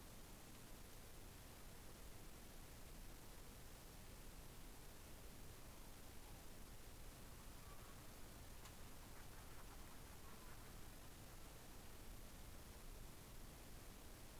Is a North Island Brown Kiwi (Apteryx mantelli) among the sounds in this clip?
no